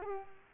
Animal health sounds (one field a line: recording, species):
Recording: mosquito wingbeat signal from an infrared sensor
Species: Culex quinquefasciatus